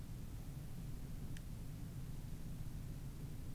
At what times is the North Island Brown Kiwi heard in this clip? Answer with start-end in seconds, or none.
none